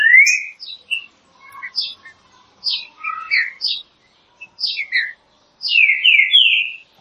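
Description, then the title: Green-winged saltator song: repeated whistled phrases of slurred notes, ending in three loud whistles, with lighter chirps between. Classic song style, used for training. "Canto Clássico Trinca Ferro TREINAMENTO"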